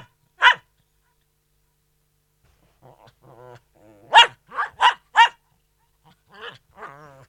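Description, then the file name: Poodle barking: one sharp bark, a pause, soft whining, then a quick run of four loud barks followed by more whimpering whines. Poodle barking indoors. "Digiffects Sound Effects Library - Poodle Dog Barking Indoors"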